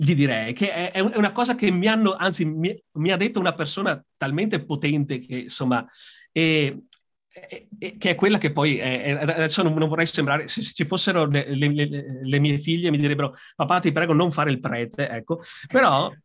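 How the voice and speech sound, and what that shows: An adult man speaks Italian at a conversational pace with repeated whole words and syllables, such as a fourfold 'le, le, le, le' and 'se, se'. He also has stretched vowels and long mid-phrase pauses. He has severe stuttering that has caused him great suffering since adolescence.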